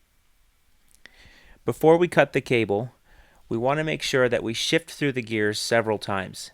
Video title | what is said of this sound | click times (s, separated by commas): FLO Cycling - Connecting the Rear Derailleur Cable | holding with your hand and then wait for the click on your torque wrench before | 1.1 s